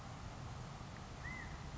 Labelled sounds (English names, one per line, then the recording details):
California Quail
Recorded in Sonoma County, California